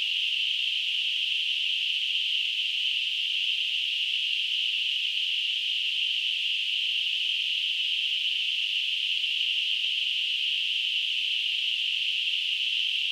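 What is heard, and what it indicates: Steady high-pitched hissing band around 3 kHz, unchanging throughout: a simulated tinnitus sound.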